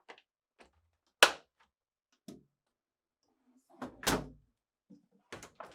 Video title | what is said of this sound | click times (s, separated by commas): How to replace Port Gasket part # WR14X10364 on your GE Refrigerator | the assembly to the refrigerator housing and press until it snaps into place | 1.2 s